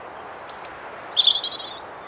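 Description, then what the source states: European robin song: a very high, thin, sustained note, then a brief, brighter, lower phrase. Recent recording of a bright, almost brash robin singing in a clearing in woods on a windy day.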